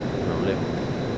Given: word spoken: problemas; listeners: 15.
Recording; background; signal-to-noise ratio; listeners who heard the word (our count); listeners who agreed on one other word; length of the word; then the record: one Spanish word in noise, from a listening test; speech-shaped noise; -4.1 dB; 2 of 15; 12 of 15; 0.78 s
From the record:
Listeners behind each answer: 12, 2, 1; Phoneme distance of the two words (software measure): 7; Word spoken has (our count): 3 syllables, 9 phonemes, stress on syllable 2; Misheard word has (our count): 3 syllables, 8 phonemes, stress on syllable 2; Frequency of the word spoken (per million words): 283.79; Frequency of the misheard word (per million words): 264.12